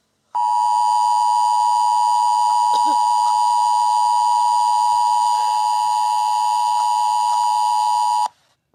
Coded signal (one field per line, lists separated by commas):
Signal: Emergency Alert System (SAME) tones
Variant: 853 and 960 Hz attention tone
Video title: EAS Scenario Canada Is Hungry Seek Shelter Immediate